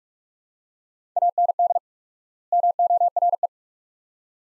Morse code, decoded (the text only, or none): AND MORE